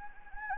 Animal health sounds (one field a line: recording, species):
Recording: mosquito wingbeat signal from an infrared sensor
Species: Anopheles gambiae